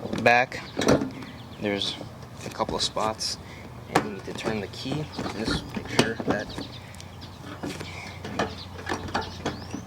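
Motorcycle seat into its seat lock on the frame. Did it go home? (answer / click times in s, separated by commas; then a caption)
no / none. A motorcycle seat is pushed back onto a Honda NT650 Hawk frame and into its seat lock while someone talks, with a key turned for the lock. Scattered handling knocks and rattles sound over a low steady hum, with sharper hits near the end at about 7.0, 8.4, 8.9 and 9.2 seconds. The seat has not latched home yet, and nothing has seated or clicked by the end of the clip.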